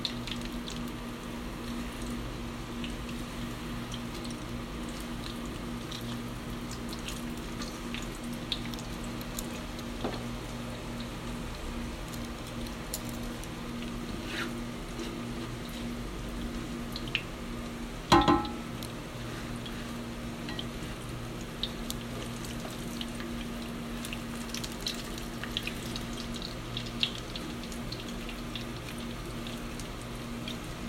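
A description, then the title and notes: Meat cutlets fry in hot oil with a steady, dense sizzle and fine crackling that barely changes throughout. Small pops come scattered across the clip, with a sharper knock near the 18-second mark, over a low, constant hum in the background. Frying Menchi Katsu (Japanese Ground Meat Cutlet).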